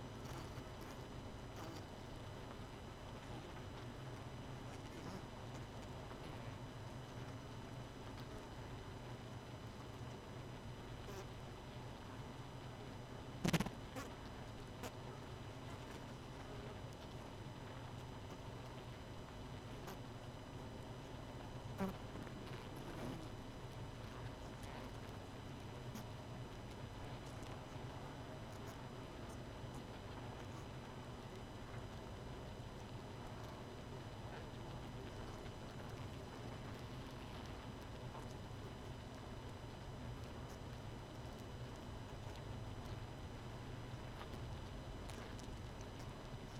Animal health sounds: honeybee colony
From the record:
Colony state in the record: missing queen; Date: 31 May 2018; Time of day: 22:29

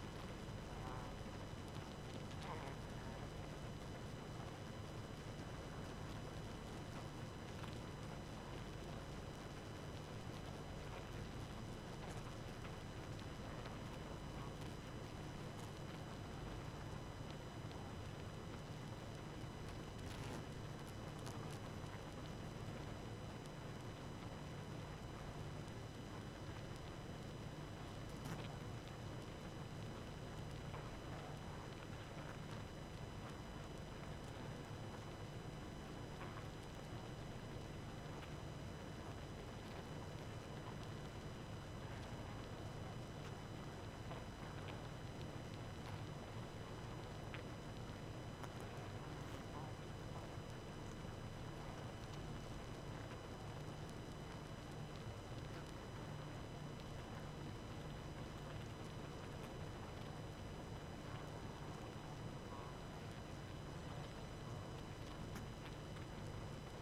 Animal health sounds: honeybee colony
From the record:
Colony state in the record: active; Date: 12 June 2018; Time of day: 23:23

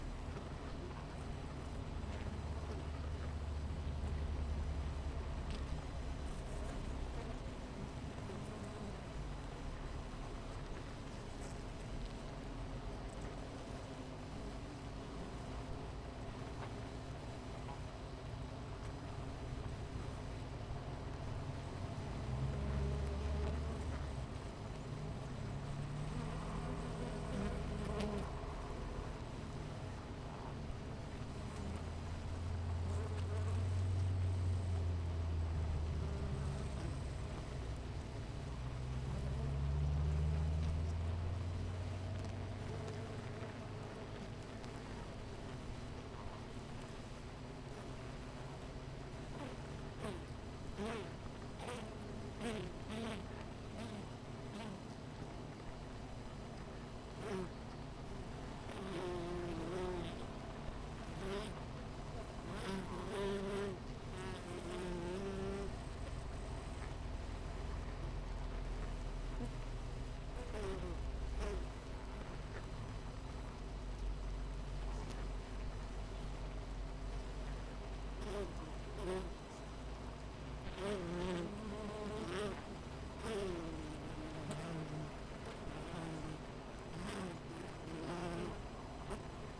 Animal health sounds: honeybee colony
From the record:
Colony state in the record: missing queen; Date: 14 July 2017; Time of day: 9:10

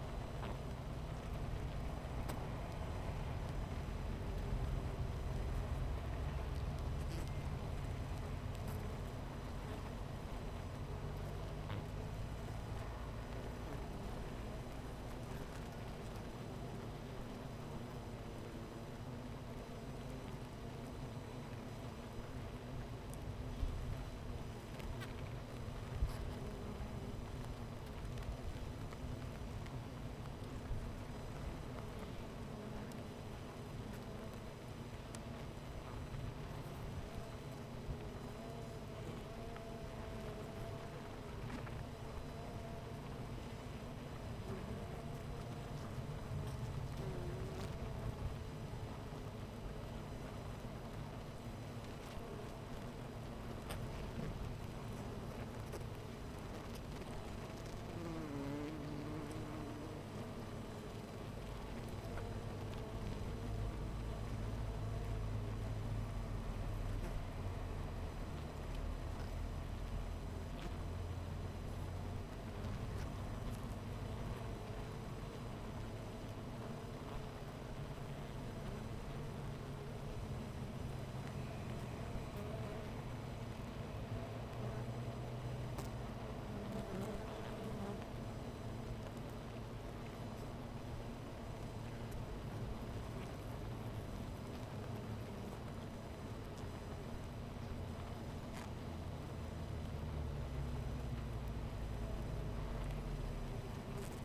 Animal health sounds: honeybee colony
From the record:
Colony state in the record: missing queen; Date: 14 July 2017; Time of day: 10:43

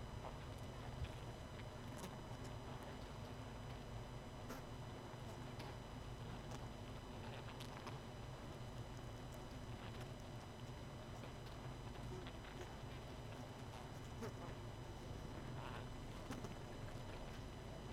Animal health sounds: honeybee colony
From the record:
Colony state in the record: missing queen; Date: 31 May 2018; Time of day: 20:51

